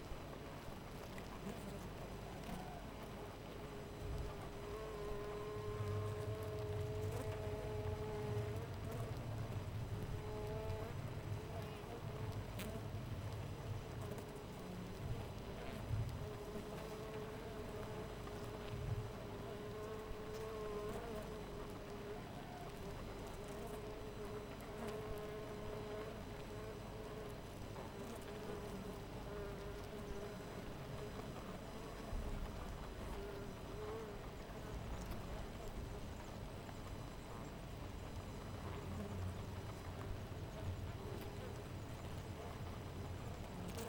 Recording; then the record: honeybee colony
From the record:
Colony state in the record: missing queen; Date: 14 July 2017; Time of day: 4:40